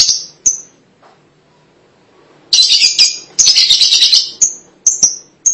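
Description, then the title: Lovebird calls: two sharp high chirps, a quiet pause, then bursts of harsh rapid chattering and a string of short piercing squeaks. "BM Suara Burung Lovebird"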